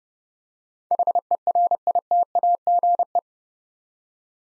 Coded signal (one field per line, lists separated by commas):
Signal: Morse code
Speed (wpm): 30 wpm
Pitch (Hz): 700 Hz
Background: none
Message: HERITAGE